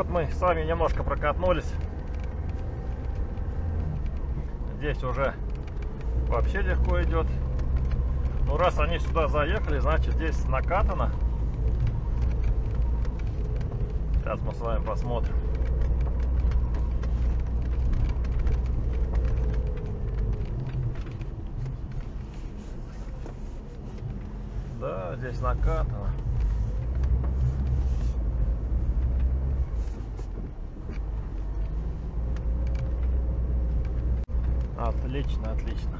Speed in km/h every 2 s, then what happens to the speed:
10, 14, 14, 17, 17, 19, 21, 19, 18, 16, 19, 18, 15, 13, 4, 6, 6, 7.
0-12 speeds up to 21. 12-21 steady at about 19. 21-28 slows to 4. 28-36 steady at about 6.